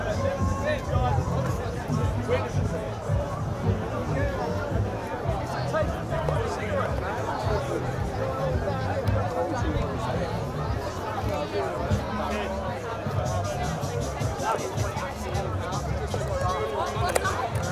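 A night walk through the Glastonbury festival grounds, full of dense, overlapping crowd chatter and voices throughout. A low thumping beat pulses steadily underneath the babble, and the level stays constant with no pauses, only brief louder voices near the end.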